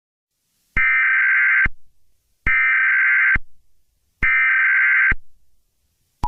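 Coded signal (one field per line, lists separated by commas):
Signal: Emergency Alert System (SAME) tones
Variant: header bursts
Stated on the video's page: Fictional EAS scenario.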